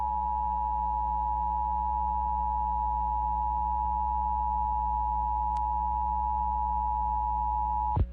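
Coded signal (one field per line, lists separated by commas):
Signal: Emergency Alert System (SAME) tones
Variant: 853 and 960 Hz attention tone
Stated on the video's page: Oklahoma required monthly test received from television subchannels and an HD radio station, recorded with a Tablo Quad tuner.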